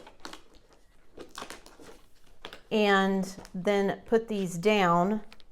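Plastic hold-down clips on the posts of a storage folder are handled after a finished diamond painting page is laid over the posts. Crinkling handling noise with a few light ticks is heard in the first 2.5 seconds, then someone talks. Nothing has snapped into place or seated yet.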